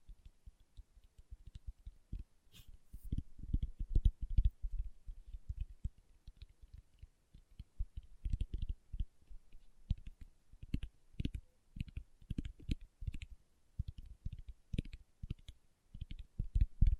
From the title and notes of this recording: ASMR Tapping with Fingertips (No Talking).